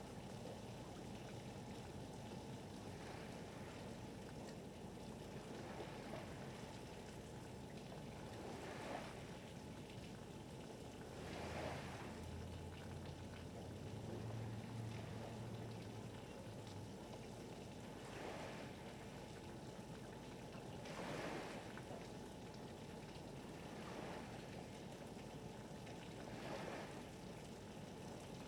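Harbor waves wash steadily under a continuous rushing hiss, with a low engine-like rumble and a faint steady hum running throughout. Brighter splashes or gusts swell every few seconds, strongest around 12 and 21 seconds, while a deep drone rises briefly near the middle.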